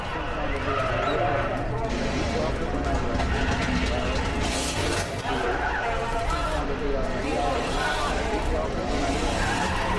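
Street traffic hums steadily with engine rumble and passing cars, overlaid by a constant jumble of voices and brief brighter surges of noise.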